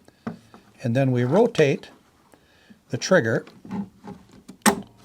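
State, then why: Seated. Someone talks while a Tip-On push-to-open trigger for Blum Movento drawer slides has its tab placed in the notch of the left drawer runner, then is rotated and pressed onto the metal runner, with a few faint handling taps. A sharp click at 4.7 s marks the trigger seating on the runner.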